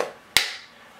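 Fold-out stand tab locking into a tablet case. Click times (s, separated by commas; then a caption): 0.4 s. The tab of a built-in portrait stand on an iPad case is pulled straight out until it locks into place. After a quiet start, a single sharp, bright click sounds at 0.4 s and fades quickly. The click means the stand is locked and ready for the iPad to lean back on.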